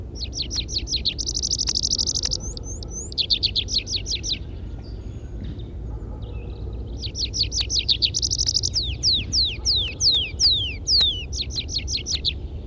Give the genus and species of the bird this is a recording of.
Anthus trivialis